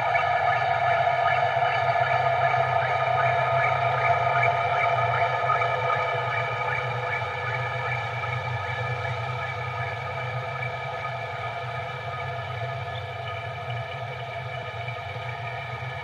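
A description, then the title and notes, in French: A resonant, echoing drone drifts through watery, underground-sounding spaces. Layered sustained tones ring over a steady low hum, with a faint rippling shimmer in the middle register. The sound stays dense and unbroken, easing slightly in loudness after about six seconds. Un cheminement sonore à travers des paysages aquatiques terrestres et souterrains.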